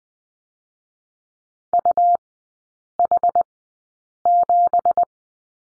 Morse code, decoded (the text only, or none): UH7